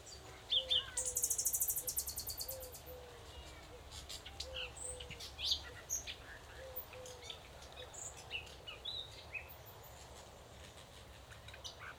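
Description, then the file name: Common nightingale calls: a series of short, low, clipped notes, with a brief buzzy burst early on and scattered thin chirps above. "Luscinia megarhynchos"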